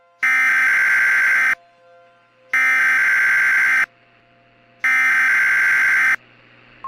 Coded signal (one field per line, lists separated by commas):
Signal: Emergency Alert System (SAME) tones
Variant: header bursts